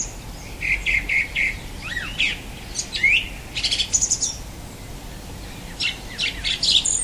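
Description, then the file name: Song thrush singing: a short note repeated three times, then a rising slur and a mix of chattering and whistled phrases. "Golosa ptic - Pevchij drozd"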